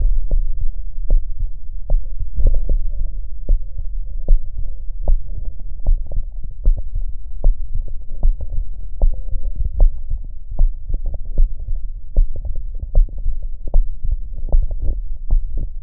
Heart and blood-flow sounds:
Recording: heart sounds by stethoscope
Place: aortic valve (AV)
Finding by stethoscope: normal heart sounds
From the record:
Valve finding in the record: normal valve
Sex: female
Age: 39 years

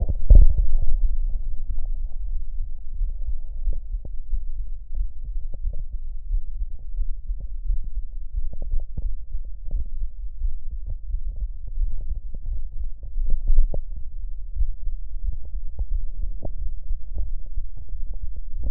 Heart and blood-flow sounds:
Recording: heart sounds by stethoscope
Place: pulmonary valve (PV)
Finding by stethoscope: normal heart sounds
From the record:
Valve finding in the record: normal valve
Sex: female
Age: 59 years

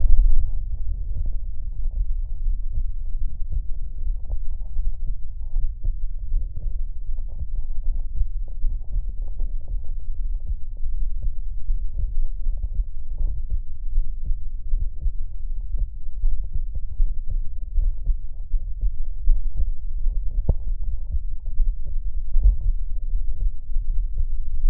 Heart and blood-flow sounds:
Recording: heart sounds by stethoscope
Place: tricuspid valve (TV)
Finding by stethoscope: tricuspid regurgitation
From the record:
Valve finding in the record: tricuspid regurgitation, grade 3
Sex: female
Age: 68 years

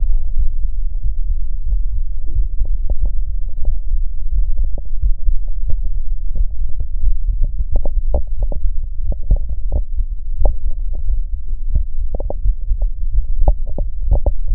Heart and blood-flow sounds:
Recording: heart sounds by stethoscope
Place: mitral valve (MV)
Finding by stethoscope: normal heart sounds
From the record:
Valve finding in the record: mitral regurgitation, grade 3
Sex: male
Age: 60 years

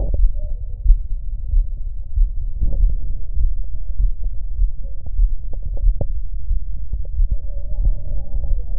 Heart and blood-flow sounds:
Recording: heart sounds by stethoscope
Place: pulmonary valve (PV)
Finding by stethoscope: normal heart sounds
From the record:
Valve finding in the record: normal valve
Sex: male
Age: 42 years

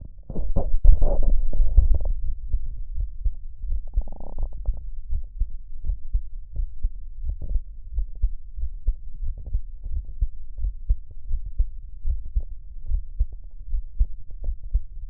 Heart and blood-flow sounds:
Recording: heart sounds by stethoscope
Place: tricuspid valve (TV)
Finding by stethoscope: normal heart sounds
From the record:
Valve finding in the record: tricuspid regurgitation, grade 0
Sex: male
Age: 20 years

